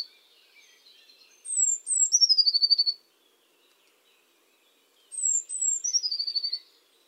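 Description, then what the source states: Eurasian blue tit singing two phrases, each of two high, thin introductory notes running into a rapid, slightly falling trill, a few seconds apart. Recorded by the Elbe.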